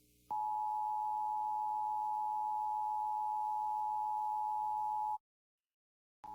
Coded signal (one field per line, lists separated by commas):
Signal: Emergency Alert System (SAME) tones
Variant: 853 and 960 Hz attention tone